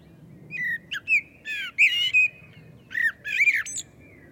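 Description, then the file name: Common blackbird singing, with mellow whistled notes sliding up and down that give way to squeaky, rasping flourishes in two short phrases. "Turdus merula"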